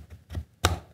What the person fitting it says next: and i love the snapping did you hear it snap and so that's on there now